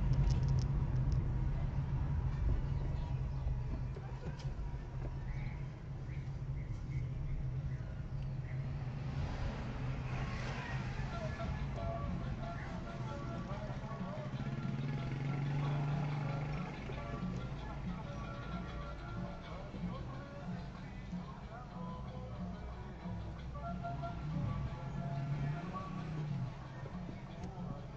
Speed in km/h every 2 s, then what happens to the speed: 22, 13, 13, 15, 13, 12, 8, 0, 0, 4, 3, 0, 0, 0.
0-2 brakes to 13. 2-10 steady at about 13. 10-13 brakes to 0. 13-28 standing.